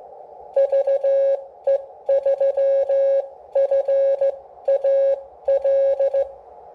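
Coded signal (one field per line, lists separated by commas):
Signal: Morse code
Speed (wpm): 15 wpm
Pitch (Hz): 550 Hz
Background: none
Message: VE3FAL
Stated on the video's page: CW transmit demo from a Xiegu G106.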